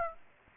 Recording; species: mosquito wingbeat signal from an infrared sensor; Aedes aegypti